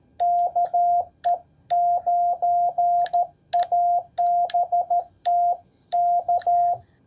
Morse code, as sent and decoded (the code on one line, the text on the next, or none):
-.- . ----. .- -... - / -.-
KE9ABT K